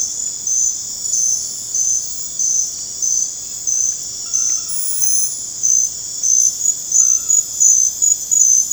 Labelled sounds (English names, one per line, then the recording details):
none
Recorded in dense forest near Puerto Asís, Putumayo, Colombia, on 21 December 2024 at 21:00
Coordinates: 0.481, -76.323
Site G100